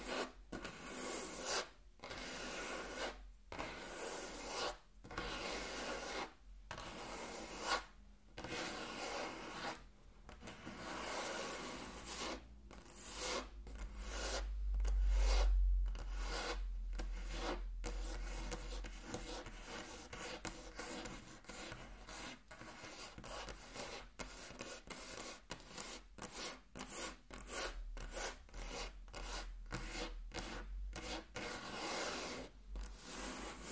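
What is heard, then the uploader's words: Intense tracing on a table: rough, raspy rubbing strokes scrape across the surface in repeated bursts, separated by short silent gaps. The strokes come every second or so at first, then grow shorter and more rapid toward the end, with a low steady hum underneath throughout. Intense Table Tracing (No Talking).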